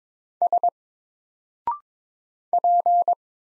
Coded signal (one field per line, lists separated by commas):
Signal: Morse code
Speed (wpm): 22 wpm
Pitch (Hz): 700 Hz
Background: none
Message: S P